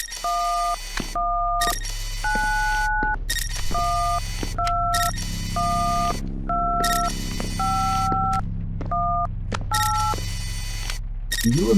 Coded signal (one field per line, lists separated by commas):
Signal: DTMF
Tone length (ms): 550 ms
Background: speech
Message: 1191212518